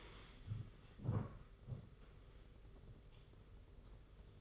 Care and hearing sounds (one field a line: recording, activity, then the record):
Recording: daily activity, microphone in the room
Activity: stand up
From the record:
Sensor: 4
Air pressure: 991.3 hPa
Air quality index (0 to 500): 138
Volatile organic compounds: 56 ppm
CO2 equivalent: 3366 ppm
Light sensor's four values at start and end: 24/79/29/30 and 24/79/29/30